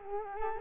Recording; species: mosquito wingbeat signal from an infrared sensor; Culex quinquefasciatus